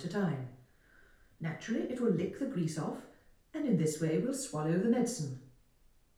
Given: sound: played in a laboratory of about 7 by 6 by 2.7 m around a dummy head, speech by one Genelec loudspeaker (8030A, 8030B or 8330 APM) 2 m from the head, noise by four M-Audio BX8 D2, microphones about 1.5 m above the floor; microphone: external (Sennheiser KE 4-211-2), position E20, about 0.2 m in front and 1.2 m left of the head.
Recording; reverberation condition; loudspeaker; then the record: female speech in English; medium; 120 degrees to the right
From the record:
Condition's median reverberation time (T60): about 510 ms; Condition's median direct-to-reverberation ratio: about -0.5 dB